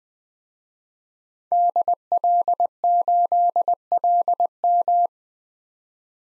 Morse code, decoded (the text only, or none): DL8LM